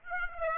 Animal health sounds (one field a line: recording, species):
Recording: mosquito wingbeat signal from an infrared sensor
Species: Aedes aegypti